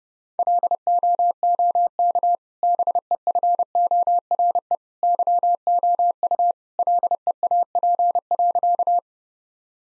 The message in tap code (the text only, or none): none